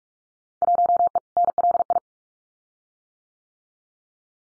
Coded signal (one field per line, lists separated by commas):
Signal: Morse code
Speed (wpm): 46 wpm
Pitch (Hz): 700 Hz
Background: none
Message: 1E NLI